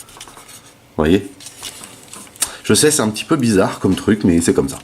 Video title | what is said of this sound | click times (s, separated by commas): TLK Decepticon Nitro | donc ça clipse ici oui | 0.2 s